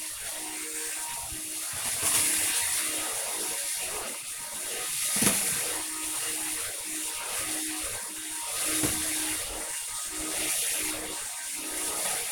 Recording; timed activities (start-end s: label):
household activities, microphone on the right wrist
0.00-12.32 s: vacuum cleaning